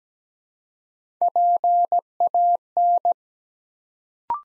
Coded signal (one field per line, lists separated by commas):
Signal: Morse code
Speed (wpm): 17 wpm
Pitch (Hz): 700 Hz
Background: none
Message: PAN